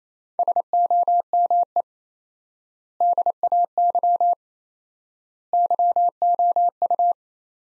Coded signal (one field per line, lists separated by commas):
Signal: Morse code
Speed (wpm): 27 wpm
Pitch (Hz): 700 Hz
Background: none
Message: SOME DAY YOU